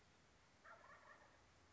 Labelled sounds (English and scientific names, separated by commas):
Wild Turkey (Meleagris gallopavo)